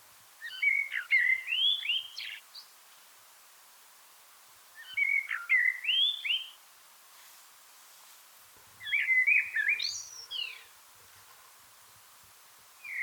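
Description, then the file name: Eurasian blackbird singing three rich, fluted warbling phrases about four seconds apart, each one finishing in a thin, higher twitter, then the start of a fourth. "Turdus merula"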